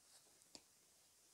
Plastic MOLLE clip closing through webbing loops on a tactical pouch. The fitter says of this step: above but they just snap right in there